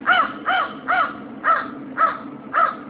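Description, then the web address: Bird giving six harsh, cawing calls, each a short nasal note repeated about every half second at an even pace. October 2012. "birds 2012 10"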